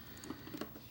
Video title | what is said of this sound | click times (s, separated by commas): 1980 Zenith Video Director Beta VCR Model VR9750J | I had it apart, and I guess that needed snapped back into place. | 0.2 s, 0.6 s